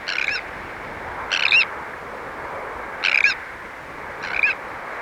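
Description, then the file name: Sandwich tern calls: four harsh, grating notes, each about a third of a second, spaced more than a second apart over a low background hiss. "Sandwich Tern (Thalasseus sandvicensis)"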